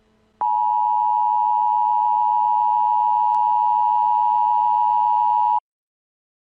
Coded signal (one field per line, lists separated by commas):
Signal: Emergency Alert System (SAME) tones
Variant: 853 and 960 Hz attention tone